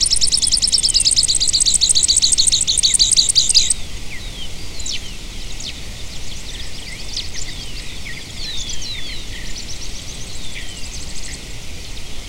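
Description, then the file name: Bird calls: a fast, high, buzzy trill for nearly four seconds, then many short sharp chirps and downslurred whistles. "SABIOD 50 bird 2015"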